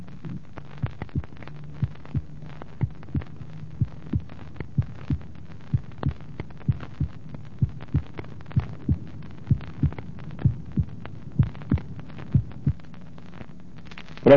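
Normal heart sounds of an adult heard through a stethoscope, recorded in a surgical clinic headed by academician Boris Vasilyevich Petrovsky.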